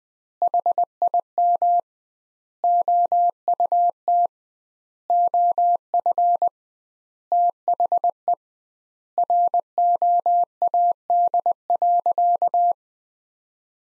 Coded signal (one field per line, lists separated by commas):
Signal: Morse code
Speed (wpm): 20 wpm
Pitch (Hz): 700 Hz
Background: none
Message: HIM OUT OF THE ROAD.